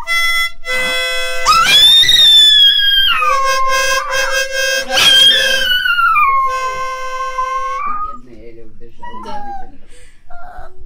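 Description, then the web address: Dog giving two long rising-then-falling howls that trail off into softer whimpering notes near the end. "hurlement de chien"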